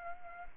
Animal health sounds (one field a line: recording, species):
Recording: mosquito wingbeat signal from an infrared sensor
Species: Anopheles arabiensis